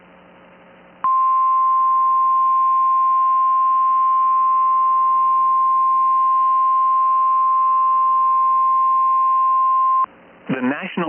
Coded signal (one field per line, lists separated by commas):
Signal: Emergency Alert System (SAME) tones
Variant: 1050 Hz attention tone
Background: speech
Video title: EAS Snow Squall Warning Downtown Millwuakee, Wisconsin NOAA Weather Radio (First in City History!)